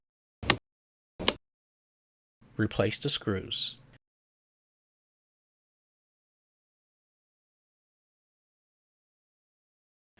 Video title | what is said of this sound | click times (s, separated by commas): Lenovo Legion 5 Pro RAM Install - Dual Rank Vs. Single Rank | you should hear some low clicking sounds | 0.5 s, 1.3 s